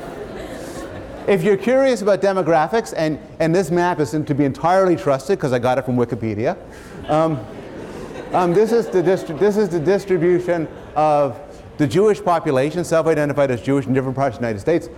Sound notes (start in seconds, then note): 0.0 laughter; 7.0 laughter